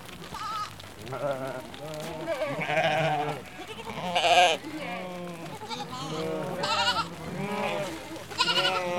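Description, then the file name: Sheep bleating almost continuously, many overlapping wavering bleats from a flock, some higher and some lower, with a low rumble underneath. A flock passing by. "Flock Of Sheep Pass By"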